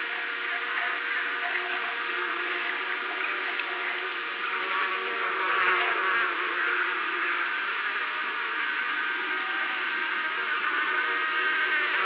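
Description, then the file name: Insects droning together, a thick unbroken buzz of layered tones that holds level from start to finish, swelling slightly midway. "Locals Insects"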